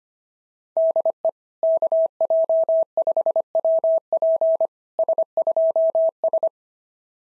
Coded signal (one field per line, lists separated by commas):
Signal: Morse code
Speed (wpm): 22 wpm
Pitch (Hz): 650 Hz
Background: none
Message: DE KJ5WP S2S